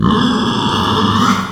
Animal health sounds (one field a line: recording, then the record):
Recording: squeal of a Yucatan mini pig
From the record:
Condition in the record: after surgery on the right vocal fold (resection and tissue-engineered implant)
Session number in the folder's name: 16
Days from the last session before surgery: 183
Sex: female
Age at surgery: 19 weeks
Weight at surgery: 25 kg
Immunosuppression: prednisolone